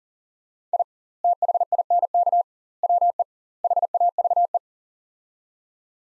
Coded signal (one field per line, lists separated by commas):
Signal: Morse code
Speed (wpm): 40 wpm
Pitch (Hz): 700 Hz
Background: none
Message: I THINK WE HAVE